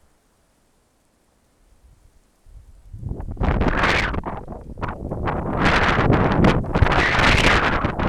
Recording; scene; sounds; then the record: everyday scene through a hearing-aid microphone; wind on the microphone; wind, traffic, birds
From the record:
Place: suburban garden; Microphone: behind the ear, left, rear